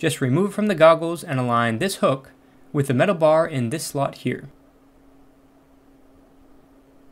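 A head strap's plastic hook is lined up with and wrapped around the metal bar in the slot of a Samsung Gear VR headset, before the strap is tugged to lock it. Someone talks for about the first four and a half seconds, then a low steady hum continues. Nothing has snapped or locked into place yet.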